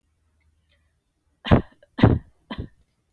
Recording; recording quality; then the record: shallow voluntary cough; moderate, slight background noise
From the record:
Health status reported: healthy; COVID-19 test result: negative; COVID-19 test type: RT-PCR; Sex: female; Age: 30 years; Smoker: no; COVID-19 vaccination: one dose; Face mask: not worn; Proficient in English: yes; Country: India